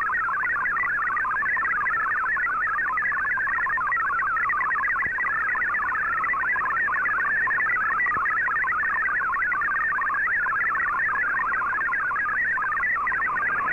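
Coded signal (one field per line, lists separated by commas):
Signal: multi-tone FSK (Olivia or MFSK type)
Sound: rapid warbling stream of stepping musical tones, steady throughout, over background hiss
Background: radio static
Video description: Here is my decode of the Shortwave Radiogram broadcast today on 15770Khz shortwave radio at 1300UTC in MFSK32 and 64 and with 10 SSTV images.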